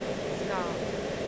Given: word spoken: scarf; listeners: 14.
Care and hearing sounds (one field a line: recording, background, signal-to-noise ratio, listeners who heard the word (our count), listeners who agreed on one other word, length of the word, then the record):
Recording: one English word in noise, from a listening test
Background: speech-shaped noise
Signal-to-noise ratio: -6.8 dB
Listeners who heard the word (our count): 5 of 14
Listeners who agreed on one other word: 9 of 14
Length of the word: 0.88 s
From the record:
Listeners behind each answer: 9, 5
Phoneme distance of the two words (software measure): 7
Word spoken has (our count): 1 syllable, 4 phonemes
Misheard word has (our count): 1 syllable, 3 phonemes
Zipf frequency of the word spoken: 3.76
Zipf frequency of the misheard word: 3.60